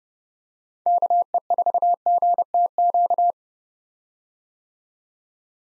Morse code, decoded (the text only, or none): KE4GTQ